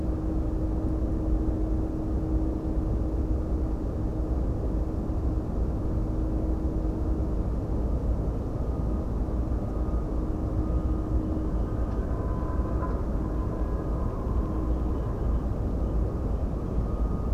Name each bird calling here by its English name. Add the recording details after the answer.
none. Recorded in France